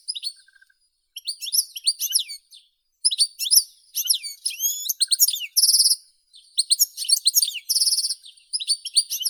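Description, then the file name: European goldfinch singing almost continuously, a fast liquid twitter of high chirps and slurred notes broken by two short buzzy trills. "Golosa ptic - CSHegol Carduelis carduelis"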